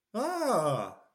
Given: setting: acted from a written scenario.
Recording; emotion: vocal sound without words; positive surprise